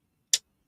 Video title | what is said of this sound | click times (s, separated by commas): UNBOXING!!!!! With UltraMegatronus! | Oh, okay. Snap in place. | 0.3 s